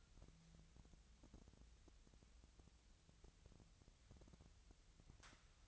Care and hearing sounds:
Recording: daily activity, microphone in the room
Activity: wipe stove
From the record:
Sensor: 3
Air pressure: 1001.6 hPa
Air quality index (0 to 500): 224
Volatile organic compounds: 30 ppm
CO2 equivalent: 2967 ppm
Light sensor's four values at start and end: 11/33/14/12 and 11/33/14/12

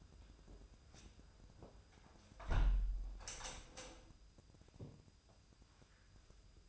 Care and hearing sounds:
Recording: daily activity, microphone in the room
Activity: close window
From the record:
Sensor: 2

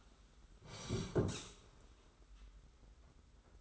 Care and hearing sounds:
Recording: daily activity, microphone in the room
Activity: sit down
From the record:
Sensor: 3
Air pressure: 991.6 hPa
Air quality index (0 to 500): 172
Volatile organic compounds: 1000 ppm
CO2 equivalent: 5704 ppm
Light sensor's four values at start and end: 36/101/41/35 and 35/100/41/35

